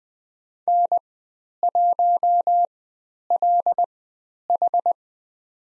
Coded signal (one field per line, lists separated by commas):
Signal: Morse code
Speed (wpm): 20 wpm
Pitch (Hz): 700 Hz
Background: none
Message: N1LH